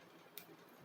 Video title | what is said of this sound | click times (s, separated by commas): Saquinho de Dormir | fez um teczinho aqui, gurias, ó. Tec. | 0.4 s